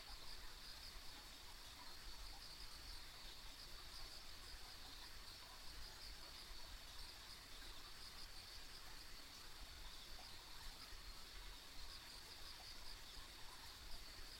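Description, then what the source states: Insect chorus forms a steady high trill, unchanged throughout, over continuous low background noise. Ambient insect sounds recorded along a rural country road.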